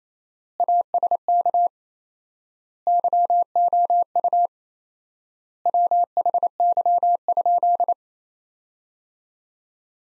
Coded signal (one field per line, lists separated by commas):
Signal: Morse code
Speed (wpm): 28 wpm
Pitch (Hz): 700 Hz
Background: none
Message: ASK YOU WHY?